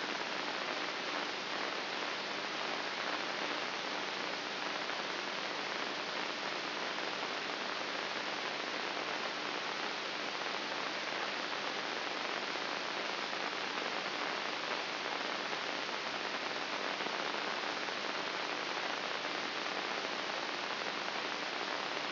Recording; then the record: brain microelectrode recording played as sound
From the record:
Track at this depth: inside the subthalamic nucleus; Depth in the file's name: 5.44 mm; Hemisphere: right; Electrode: 3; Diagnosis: Parkinson's disease